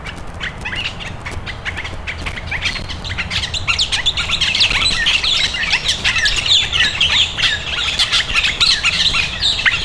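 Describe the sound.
Birds calling in a busy chorus, many short high chirps and squawks overlapping rapidly.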